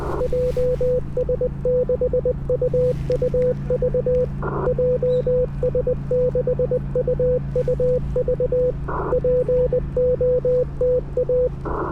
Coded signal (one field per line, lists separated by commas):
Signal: Morse code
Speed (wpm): 20 wpm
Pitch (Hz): 500 Hz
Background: none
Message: JS6UUV JS6UUV POTA